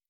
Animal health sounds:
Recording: hydrophone in a shrimp aquaculture tank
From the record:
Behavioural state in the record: normal

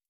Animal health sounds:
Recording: hydrophone in a shrimp aquaculture tank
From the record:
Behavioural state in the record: starved

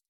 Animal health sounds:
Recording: hydrophone in a shrimp aquaculture tank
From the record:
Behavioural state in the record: stressed

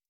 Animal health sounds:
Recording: hydrophone in a shrimp aquaculture tank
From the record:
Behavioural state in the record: stressed

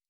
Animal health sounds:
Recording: hydrophone in a shrimp aquaculture tank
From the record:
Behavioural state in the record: stressed

